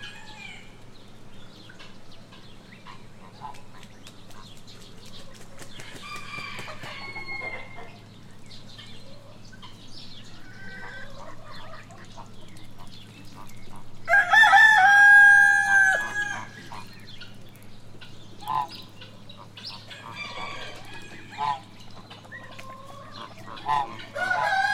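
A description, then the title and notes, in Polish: Poultry calls: ducks, hens, roosters and turkeys clucking and squawking in a steady, busy mix. A loud rooster crow stands out around the middle, near fifteen seconds, with shorter clucks and calls scattered throughout over a constant low hum. Uniwersytet Przyrodniczy, krzyk drobiu nieświeży. Lokalizacja: Biskupin, Kożuchowska. Nagranie podczas czyszczenia kurnika na terenie Uniwersytetu Przyrodniczego. Kaczki, kaczory, kury, koguty i indory podczas spaceru na zewnątrz zagrody. Słyszalny szum klimatyzatorów na zewnatrz budynku.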